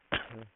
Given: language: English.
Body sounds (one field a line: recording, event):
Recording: throat vibration sensor signal played as sound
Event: cough